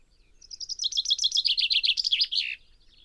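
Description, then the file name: Common chaffinch song, a rapid run of repeated chipping notes closing with a downward flourish. "Fringilla coelebs"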